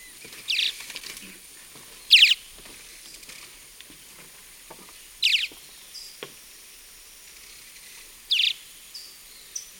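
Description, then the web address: Gray-breasted Martin calls: short gurgling chirps in brief bursts spaced a few seconds apart, with faint softer notes between them against a quiet background. Eastern lowlands of South America. "Natures Songs S America Eastern Lowlands. Gray-breasted Martin"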